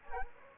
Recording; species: mosquito wingbeat signal from an infrared sensor; Anopheles gambiae